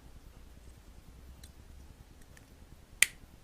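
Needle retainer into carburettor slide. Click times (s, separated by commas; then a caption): 3.0 s. A plastic needle retainer is pushed down into a carburettor slide over a Dynojet needle. A sharp, bright click is heard at 3.0 seconds, after a few faint ticks against a low background hum. The retainer is seated in place, though it still waggles on the needle.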